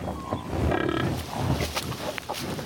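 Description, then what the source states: American bison low rumbling grunts and moaning bellows, fluctuating throughout, with faint thin tonal sounds higher up. Played back.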